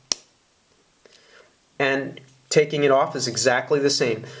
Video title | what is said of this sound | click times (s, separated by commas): HydroFloss Walk Through Learn About The Hydro Floss Oral Irrigator | tip on like this and you press it down till you hear a slight click. | 0.1 s